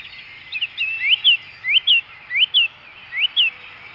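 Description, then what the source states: Bird song of rising, slurred whistles given in pairs, repeated several times, steady and high-pitched. Birds singing in the morning.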